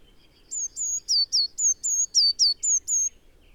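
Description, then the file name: Eurasian blue tit giving a brisk series of about ten high, thin whistles, some level and some descending, at roughly four per second. "Cyanistes caeruleus"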